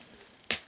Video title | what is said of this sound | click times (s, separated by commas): Toy Spot - Marvel Legends Vulture Wing Wave Moonknight Figure | and that just snaps into place now you've got a wing that can not only move | 0.5 s